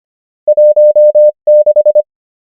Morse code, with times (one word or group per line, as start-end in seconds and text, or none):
0.5-1.3 1
1.5-2.0 6